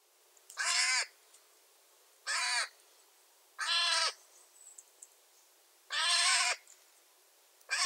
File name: Garrulus glandarius